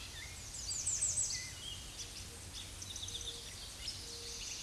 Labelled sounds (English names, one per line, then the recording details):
American Redstart song
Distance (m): 20 m
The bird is about level with the microphone
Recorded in a Pennsylvania forest on 16 May 2024 at 07:40
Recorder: AudioMoth, point MSD-2345
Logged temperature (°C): 15.5 °C
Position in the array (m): 116 m, 228 m